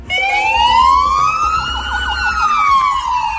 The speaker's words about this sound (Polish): W południe mundurowi wyszli przed komendy i włączyli syreny alarmowe oraz sygnały w swoich radiowozach. W ten sposób pożegnali policjanta, który zginął na służbie w Warszawie w minioną sobotę.